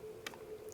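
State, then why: Seated. The coil cable plug is lined up by its notches, pushed into the socket on a MagnaWave Spiro Pulse PEMF machine and twisted. A sharp click at 0.3 s marks it seating into place, followed by a fainter tick at 0.3–0.4 s and another at 0.7 s over a low steady hum. The coil connector is seated.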